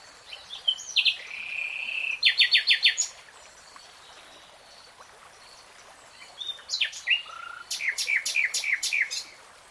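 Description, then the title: Nightingale delivering a sustained whistle followed by a quick rattled trill, a pause, then repeated sharp descending notes in a fast rhythmic series. Nightingale singing in real time. "[Tiếng chim hót] 3 Hours REALTIME Nightingale Singing"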